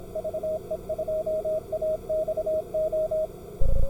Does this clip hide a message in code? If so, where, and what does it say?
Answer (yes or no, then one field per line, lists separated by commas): yes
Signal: Morse code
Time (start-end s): 0.2-3.3 s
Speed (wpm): 26 wpm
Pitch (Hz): 630 Hz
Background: none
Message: VE2AXO